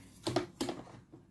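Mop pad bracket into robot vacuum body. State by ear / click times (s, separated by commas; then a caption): seated / 0.6 s. A mop pad bracket is pushed into its slot on the underside of a Xiaomi Mi Robot Vacuum-Mop Pro, and its two orange side buttons retract as it goes in. Two short taps at 0.3 and 0.4 seconds lead up to a louder click at 0.6 seconds as the bracket seats in the robot vacuum body, followed by a faint tap near 1.1 seconds.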